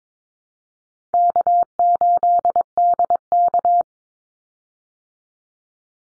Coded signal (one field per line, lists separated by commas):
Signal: Morse code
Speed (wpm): 22 wpm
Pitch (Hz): 700 Hz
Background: none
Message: K8DK